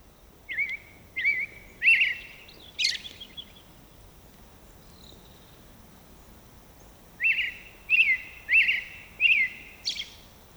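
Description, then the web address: American robin singing in two bouts of short whistled phrases, some high and squeaky, separated by a pause of about four seconds, with faint background noise. "soundandlightecologyteam"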